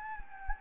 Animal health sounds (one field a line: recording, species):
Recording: mosquito wingbeat signal from an infrared sensor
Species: Anopheles gambiae